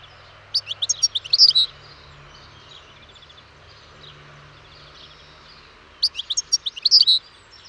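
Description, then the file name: European goldfinch song, two brief bursts of bright tinkling twitters separated by a long quiet gap. "Carduelis carduelis"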